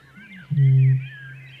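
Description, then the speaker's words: Bittern booming, a single deep, low hum lasting about half a second, with faint high bird calls in the background. Archive recording from a radio bird call library. "you didn't get to hear the bittern in that story, but we did find one in the RNZ Bird Call Library. Take a listen."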